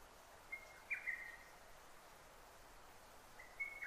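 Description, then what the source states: Lesser cuckoo song: a faint whistled phrase, a pause of about two seconds, then another whistled phrase starting, with soft hiss behind. Recorded 6 June 2009.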